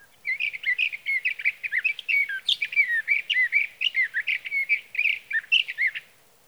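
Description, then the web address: Sage thrasher song, a long rapid run of warbled, chirping notes between mid and high pitch, continuous for about six seconds with no pauses. "birdsongforthecurious Sage Thrasher"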